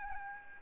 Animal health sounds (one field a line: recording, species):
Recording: mosquito wingbeat signal from an infrared sensor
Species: Aedes albopictus